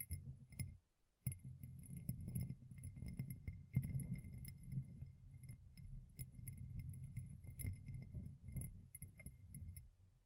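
Gem-covered fingertips tap and scratch in a dense, steady patter of low rustling, with bright glassy clicks throughout and a brief silence near one second.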